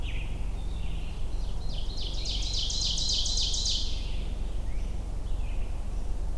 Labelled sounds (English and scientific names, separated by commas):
Ovenbird (Seiurus aurocapilla) song